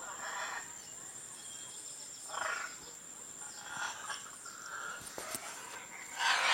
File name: canto do araracanga